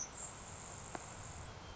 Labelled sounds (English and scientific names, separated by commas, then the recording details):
Grasshopper Sparrow (Ammodramus savannarum)
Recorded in Sonoma County, California